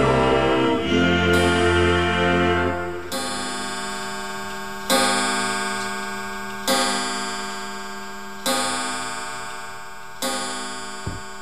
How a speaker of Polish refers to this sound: Naprawdę ten zegar jest z kaszub? Z miejscowości Glincz od pani Henryki. I ty go tu postawiłeś? Tu, tu bił? Coś niesamowitego.